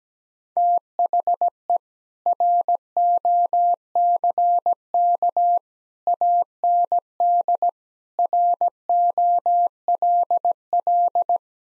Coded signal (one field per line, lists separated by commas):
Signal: Morse code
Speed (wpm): 17 wpm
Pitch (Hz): 700 Hz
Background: none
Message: THE ROCK AND ROLL